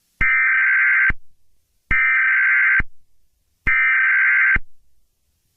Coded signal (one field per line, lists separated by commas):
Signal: Emergency Alert System (SAME) tones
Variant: header bursts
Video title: Eas Scenario - Asteroid Titan